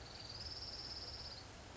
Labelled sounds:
Orange-crowned Warbler (Leiothlypis celata)
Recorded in Sonoma County, California

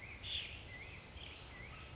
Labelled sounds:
Black-headed Grosbeak (Pheucticus melanocephalus)
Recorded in Sonoma County, California

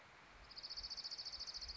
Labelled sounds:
Orange-crowned Warbler (Leiothlypis celata)
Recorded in Sonoma County, California

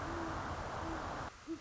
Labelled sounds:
Great Horned Owl (Bubo virginianus)
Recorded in Sonoma County, California

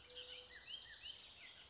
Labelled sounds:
Bullock's Oriole (Icterus bullockii)
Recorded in Sonoma County, California

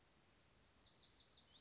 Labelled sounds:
Lazuli Bunting (Passerina amoena)
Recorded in Sonoma County, California

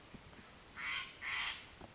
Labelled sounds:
Steller's Jay (Cyanocitta stelleri)
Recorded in Sonoma County, California

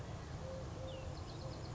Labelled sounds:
Eurasian Collared Dove (Streptopelia decaocto)
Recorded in Sonoma County, California

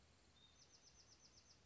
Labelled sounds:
Bewick's Wren (Thryomanes bewickii)
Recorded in Sonoma County, California

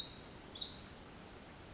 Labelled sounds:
Pacific Wren (Troglodytes pacificus)
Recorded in Sonoma County, California

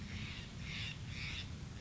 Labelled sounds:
Steller's Jay (Cyanocitta stelleri)
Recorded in Sonoma County, California

